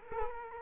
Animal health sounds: mosquito wingbeat signal from an infrared sensor; Culex quinquefasciatus

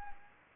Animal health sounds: mosquito wingbeat signal from an infrared sensor; Anopheles arabiensis

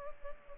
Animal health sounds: mosquito wingbeat signal from an infrared sensor; Culex pipiens

